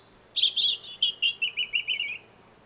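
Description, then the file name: European robin song: a thin high whistle opens, followed by a falling series of liquid, tinkling notes repeated quickly for two seconds. "Erithacus rubecula"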